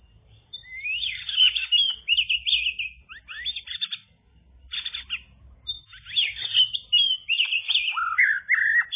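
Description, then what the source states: Bird song: rapid, varied chirps and sweeping whistled notes in two main bursts separated by a short pause, over a low hum. Described as kicau, chirping song.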